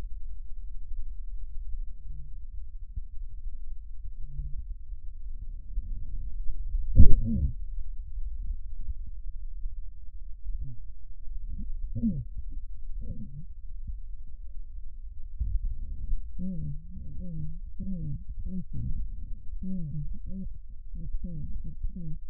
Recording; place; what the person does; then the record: lung sounds by stethoscope; left posterior basal chest; quiet breathing, then cough and speech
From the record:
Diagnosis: interstitial lung disease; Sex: female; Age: 72 years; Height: 153 cm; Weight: 71 kg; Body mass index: 30.3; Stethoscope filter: bell mode